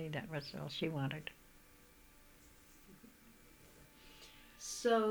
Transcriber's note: none